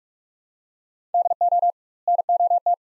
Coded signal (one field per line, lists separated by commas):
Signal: Morse code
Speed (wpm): 45 wpm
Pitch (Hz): 700 Hz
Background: none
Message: DO NOT